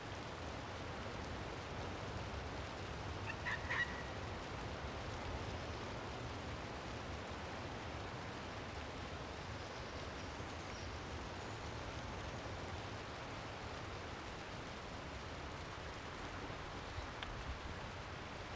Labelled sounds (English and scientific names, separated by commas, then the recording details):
Arctic Fox (Vulpes lagopus)
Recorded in the wild
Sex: female
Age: subadult
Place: Insel Mednyi, Kommandeur-Inseln, RU
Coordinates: 54.5167, 168.083
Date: 1999-07-27
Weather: heiter, 9°C, windstill
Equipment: Sony WM-D6C, Sennheiser MKH 70, Windkorb, Kopie Tascam DA 30
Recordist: Frommolt, Karl-Heinz
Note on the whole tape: Am Wasserfall: drei Bellstrophen (von fünf) von einjähriger Polarfuchsfähe links Weiß/Orange 32. Entfernung 100 m. In ihrer Nähe ist ein unmarkierter Rüde